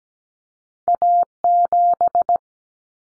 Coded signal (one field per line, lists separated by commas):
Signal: Morse code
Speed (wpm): 17 wpm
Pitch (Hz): 700 Hz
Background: none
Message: A7